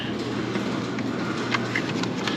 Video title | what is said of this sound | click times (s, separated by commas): We Put the Seats Back In? - F-4 Phantom | You hear click. There it is. | 1.8 s